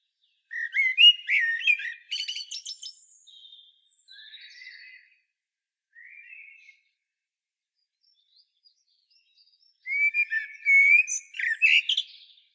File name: Turdus merula